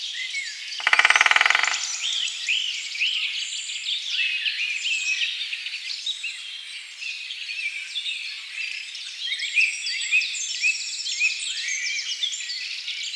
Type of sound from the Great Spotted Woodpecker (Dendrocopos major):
drumming